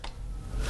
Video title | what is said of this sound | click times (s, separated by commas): Full Review: Fanny Wang On Ear Headphones | you probably can't hear it from my mic but you hear a distinctive click and uh that's something I really like | 0.0 s